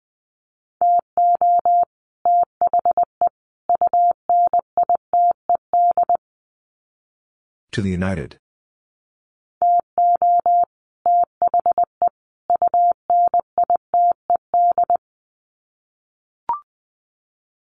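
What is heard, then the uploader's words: Morse code beeps in a steady mid-pitched tone, short dots and longer dashes grouped into letters with pauses between words. Around eight seconds a brief burst of harsh static cuts in, then the keying resumes until about fifteen seconds, ending with a faint click. Sets of 3 Words 20wpm. First, the words are sent in Morse code.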